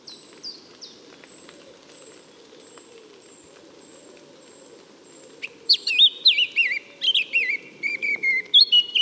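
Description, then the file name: Eurasian blackcap: thin high repeated notes in a quiet opening, then loud warbling song with fluty, falling whistles, over a soft low hum. "Sylvia atricapilla"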